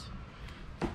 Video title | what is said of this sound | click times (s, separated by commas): Eagle Eyes sur Tesla model 3/Y : Le tuto pour changer vos feux arrières EVOffer | voyez il a pas la même couleur mais l'essentiel c'est que voilà il va jouer son rôle il va se clipser si je force il s'enfonce | 0.8 s